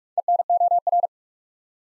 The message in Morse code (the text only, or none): ENOR